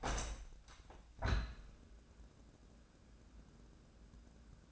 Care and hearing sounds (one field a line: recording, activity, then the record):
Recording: daily activity, microphone in the room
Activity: open window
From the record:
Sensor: 2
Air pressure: 1012.2 hPa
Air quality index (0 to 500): 126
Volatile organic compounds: 1 ppm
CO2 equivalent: 935 ppm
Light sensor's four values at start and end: 171/412/173/180 and 169/407/171/180